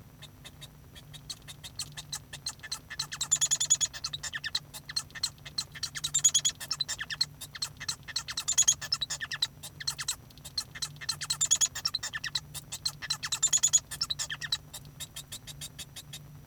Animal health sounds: song of a male Bengalese finch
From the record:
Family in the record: son of father 1

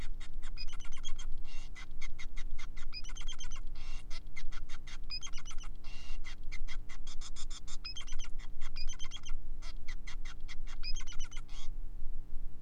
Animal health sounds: song of a male Bengalese finch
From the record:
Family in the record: son of father 5

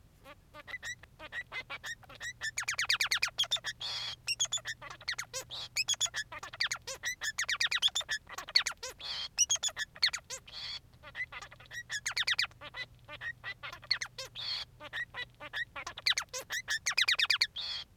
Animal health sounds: song of a male Bengalese finch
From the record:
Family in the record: son of father 3

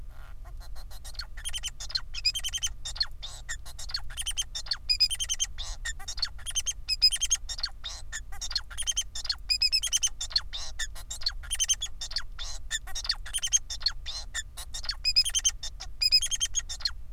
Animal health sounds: song of a male Bengalese finch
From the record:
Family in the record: son of father 4

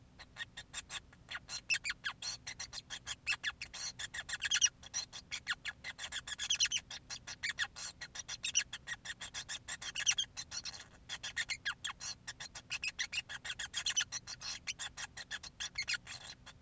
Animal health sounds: song of a male Bengalese finch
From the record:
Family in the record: son of father 5

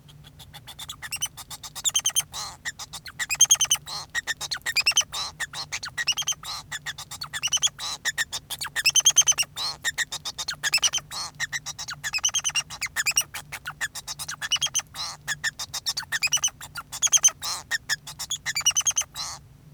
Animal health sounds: song of a male Bengalese finch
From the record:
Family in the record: son of father 2

